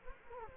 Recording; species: mosquito wingbeat signal from an infrared sensor; Culex quinquefasciatus